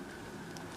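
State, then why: Not seated. A small plastic piece of a miniature brick build is pressed forcefully onto its mount over a steady low hum, with a brief faint tick near 0.6 s. The piece does not snap into place; nothing has clicked or seated.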